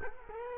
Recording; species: mosquito wingbeat signal from an infrared sensor; Culex quinquefasciatus